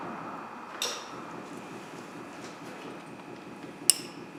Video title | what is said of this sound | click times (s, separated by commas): How to replace the fuel pressure sensor 2004 Ford Explorer | And when you put this on, you should hear it snap in place. | 3.9 s